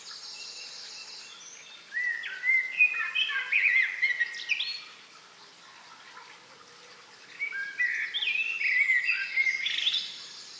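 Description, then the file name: Common blackbird song: dense overlapping warbled phrases in two bursts, split by a quiet pause, with sweet whistled notes and twittery endings. "Turdus merula"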